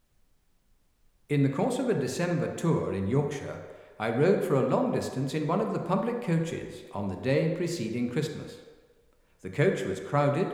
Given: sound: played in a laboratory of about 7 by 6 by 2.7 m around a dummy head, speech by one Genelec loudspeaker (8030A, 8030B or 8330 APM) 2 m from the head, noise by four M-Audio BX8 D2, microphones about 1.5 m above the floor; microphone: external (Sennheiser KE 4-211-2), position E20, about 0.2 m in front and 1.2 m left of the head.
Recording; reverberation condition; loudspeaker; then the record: male speech in English; high; 90 degrees to the left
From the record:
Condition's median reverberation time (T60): about 1300 ms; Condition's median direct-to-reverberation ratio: about -4.0 dB